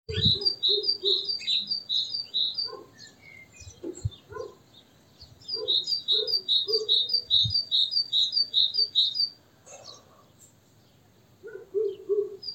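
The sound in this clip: Great tit calling, fast runs of bright high notes repeated in bursts, with lower clucking notes and a few thumps between the runs.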